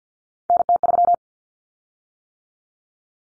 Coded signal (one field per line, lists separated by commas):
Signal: Morse code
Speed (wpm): 50 wpm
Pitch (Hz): 700 Hz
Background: none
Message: NT3